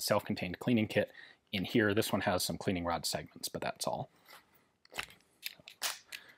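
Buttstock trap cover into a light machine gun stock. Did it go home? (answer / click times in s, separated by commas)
yes / 6.1 s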